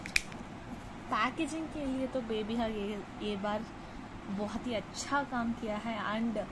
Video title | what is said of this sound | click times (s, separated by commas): babyhug pro ph5.5 skin care range/ newly launched baby care products | subscribe करो यहां पर lock हो जाएगा | 0.2 s